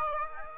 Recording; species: mosquito wingbeat signal from an infrared sensor; Aedes aegypti